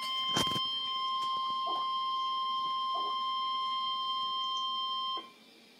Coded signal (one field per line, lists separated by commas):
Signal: Emergency Alert System (SAME) tones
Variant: 1050 Hz attention tone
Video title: NOAA Weather Radio EAS #42: Tornado Warning